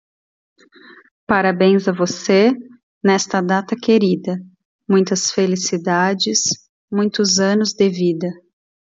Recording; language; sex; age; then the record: short text; Brazilian Portuguese; female; 30 to 39 years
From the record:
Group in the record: control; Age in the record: 39 years